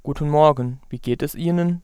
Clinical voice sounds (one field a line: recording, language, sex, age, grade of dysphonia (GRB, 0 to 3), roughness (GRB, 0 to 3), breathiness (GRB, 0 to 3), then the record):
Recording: spoken sentence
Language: German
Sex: male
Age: 20 to 29 years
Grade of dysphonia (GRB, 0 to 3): 0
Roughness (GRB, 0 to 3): 0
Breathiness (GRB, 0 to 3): 0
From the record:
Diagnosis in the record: dysphonia, voice mutation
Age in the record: 24 years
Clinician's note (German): Dysplastisch, inkomplette Mutation, zu hohe Frequenz